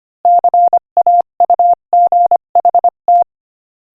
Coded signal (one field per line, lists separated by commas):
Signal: Morse code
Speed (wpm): 25 wpm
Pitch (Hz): 700 Hz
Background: none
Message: CAUGHT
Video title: Morse Code Practice: 25 wpm Joke #7